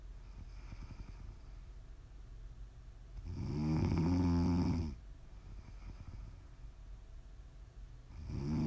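Two loud, low-pitched, rattling snores from a sleeping adult woman come about five seconds apart, roughly 12 breaths a minute, with quiet breathing in between. This is ordinary snoring during sleep.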